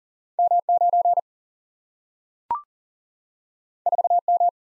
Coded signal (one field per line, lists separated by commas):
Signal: Morse code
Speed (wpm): 43 wpm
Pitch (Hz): 700 Hz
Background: none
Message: M 9 4 M